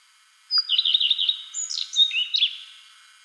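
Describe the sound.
Redstart singing a brief phrase, an opening high note and several quick repeated chirps followed by a scratchy, varied twittering ending.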